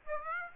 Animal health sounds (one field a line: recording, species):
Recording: mosquito wingbeat signal from an infrared sensor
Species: Aedes aegypti